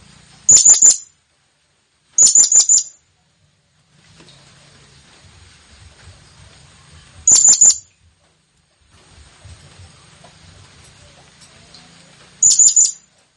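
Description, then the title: Blue-crowned hanging parrot calling in four brief bursts of sharp, very high squeaky notes, spaced irregularly, with faint low background noise between them. Effective lure call to attract the bird. "Burung Serindit Memanggil Ampuh"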